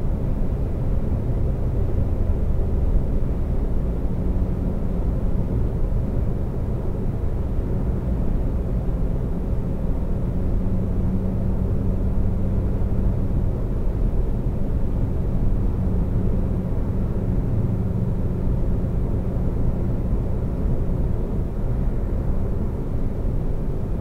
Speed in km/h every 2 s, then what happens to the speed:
132, 126, 124, 122, 122, 124, 124, 124, 122, 122, 122, 121.
0-5 slows to 122. 5-24 steady at about 122.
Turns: none.